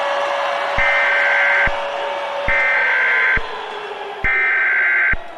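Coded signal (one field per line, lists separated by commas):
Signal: Emergency Alert System (SAME) tones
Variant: header bursts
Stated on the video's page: Promo for a fictional EAS scenario using valid EAS tones; not a real alert.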